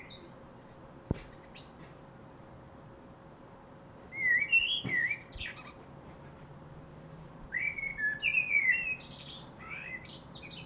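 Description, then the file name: Common blackbird with two main bursts of song, each a fluting whistled warble leading into squeaky high notes, with a few faint clicks. "Turdus merula"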